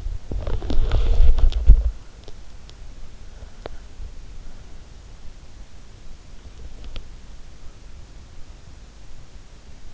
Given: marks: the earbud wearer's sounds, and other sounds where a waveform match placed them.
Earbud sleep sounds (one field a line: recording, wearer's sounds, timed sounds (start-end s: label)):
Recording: sounds in sleep by an in-ear microphone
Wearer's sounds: body movement, breath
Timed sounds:
0.00-8.27 s: body movement
3.13-4.83 s: breath